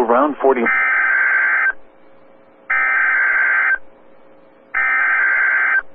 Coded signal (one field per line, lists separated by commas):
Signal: Emergency Alert System (SAME) tones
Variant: header bursts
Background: speech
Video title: NOAA Weather Radio (WXL57 Des Moines) - High Wind Warning (EAS #203)